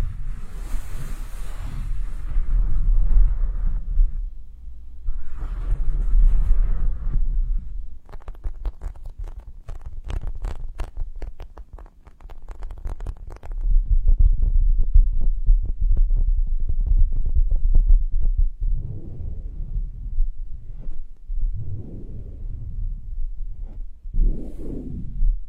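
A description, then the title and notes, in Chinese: Squeezing of a soft, slow-rising squishy toy, with hushed swishes and muffled presses over a steady low rumble. From about 8 to 14 seconds a dense run of fine crackling clicks takes over, then separate soft squishes return near the end. 解压慢回弹捏捏触发音合集。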